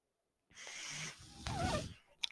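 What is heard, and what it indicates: A steady airy hiss starts abruptly and is followed by a second, louder rush of air carrying a faint wavering whistle, then a soft click. These are the airflow sounds of a personal home mechanical ventilator delivering breaths to its user.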